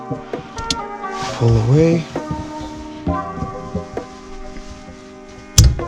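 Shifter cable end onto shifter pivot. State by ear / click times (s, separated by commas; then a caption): seated / 5.6 s. With music playing and someone talking, the clip on the second shifter cable of a Hybrid Racing shifter for an 8th gen Civic Si is pulled away and the cable end is pressed onto the shifter pivot. A sharp pop sounds at 5.6 s as the cable end seats, followed by a short rattle as the clip is set in place.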